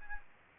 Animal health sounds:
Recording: mosquito wingbeat signal from an infrared sensor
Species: Aedes albopictus

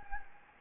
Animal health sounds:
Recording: mosquito wingbeat signal from an infrared sensor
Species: Anopheles gambiae

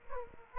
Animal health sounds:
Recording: mosquito wingbeat signal from an infrared sensor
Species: Aedes aegypti

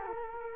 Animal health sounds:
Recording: mosquito wingbeat signal from an infrared sensor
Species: Culex quinquefasciatus

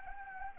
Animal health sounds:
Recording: mosquito wingbeat signal from an infrared sensor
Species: Anopheles arabiensis

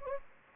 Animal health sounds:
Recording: mosquito wingbeat signal from an infrared sensor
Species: Anopheles gambiae

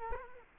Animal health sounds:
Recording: mosquito wingbeat signal from an infrared sensor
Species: Culex quinquefasciatus

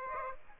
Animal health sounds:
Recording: mosquito wingbeat signal from an infrared sensor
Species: Aedes aegypti

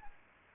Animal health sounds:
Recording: mosquito wingbeat signal from an infrared sensor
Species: Aedes albopictus

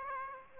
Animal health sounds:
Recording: mosquito wingbeat signal from an infrared sensor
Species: Aedes aegypti

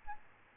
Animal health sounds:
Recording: mosquito wingbeat signal from an infrared sensor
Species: Aedes albopictus

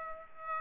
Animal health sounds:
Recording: mosquito wingbeat signal from an infrared sensor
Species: Aedes aegypti

